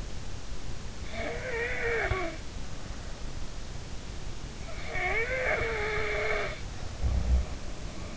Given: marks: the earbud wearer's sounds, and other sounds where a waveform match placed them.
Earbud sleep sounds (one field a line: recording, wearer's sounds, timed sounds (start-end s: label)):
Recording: sounds in sleep by an in-ear microphone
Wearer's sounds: snoring breath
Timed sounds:
1.04-2.34 s: snoring breath
4.74-7.59 s: snoring breath